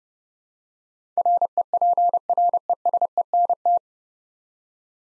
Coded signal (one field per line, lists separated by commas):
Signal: Morse code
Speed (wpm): 32 wpm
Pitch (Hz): 700 Hz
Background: none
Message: REPRESENT